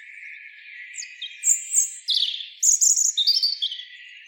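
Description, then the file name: European robin song, a fast run of high, thin notes and trills. "Erithacus rubecula"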